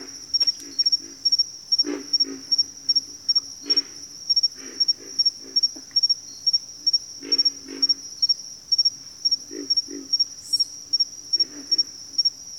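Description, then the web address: Pig frog calls: deep hoarse grunts, singly and in short clusters, at irregular intervals, with crickets chirping steadily at high pitch. "Sleep Sounds of Nature. Pig Frogs"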